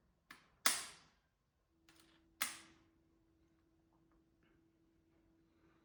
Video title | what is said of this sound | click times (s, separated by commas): MY GLP1 SHOT ROUTINE AND TIPS FOR SUCCESS | I press it down and wait for the click. Listen for the click. | 0.7 s